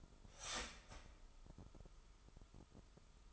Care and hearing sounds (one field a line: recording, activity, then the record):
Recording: daily activity, microphone in the room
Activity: start toaster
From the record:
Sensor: 5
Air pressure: 988.7 hPa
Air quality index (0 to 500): 226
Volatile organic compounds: 149 ppm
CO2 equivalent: 4017 ppm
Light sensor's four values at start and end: 40/125/48/52 and 40/125/48/52